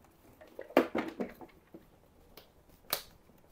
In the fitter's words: มันจะดังแก๊กๆอ่ะครับก็คือให้มันแน่นๆนี่แบบ